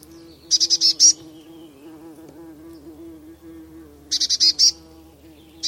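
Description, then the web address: Eurasian blue tit giving short bursts of rapid, buzzy, high chattering notes, two bursts about three and a half seconds apart and a third beginning at the end, over a steady low hum. "Deverinetal 2025 File origin Bird Only Cy Ca"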